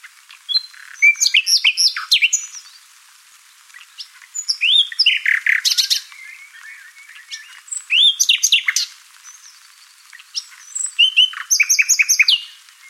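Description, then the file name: Common nightingale song, four varied phrases of fast repeated chirps, harsh rattles and clear whistles, separated by brief pauses. "Luscinia megarhynchos"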